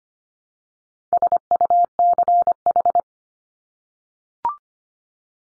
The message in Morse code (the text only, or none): SUCH